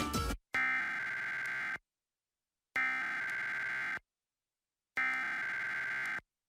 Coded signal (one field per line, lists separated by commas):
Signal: Emergency Alert System (SAME) tones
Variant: header bursts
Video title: WFMZ-AW Emergency Alert System - Tornado Warning (September 1, 2021; 6:22pm)